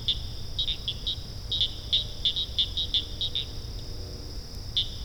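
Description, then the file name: Field cricket giving short pulsed chirps in irregular bursts over a steady high buzz, pausing for about a second before resuming, with a faint low rumble beneath. "agryllusga"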